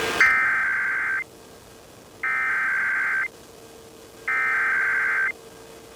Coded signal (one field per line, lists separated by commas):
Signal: Emergency Alert System (SAME) tones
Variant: header bursts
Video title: EAS #637-638: 2 EAS Required Monthly Tests- June 7, 2022- 12:15AM PDT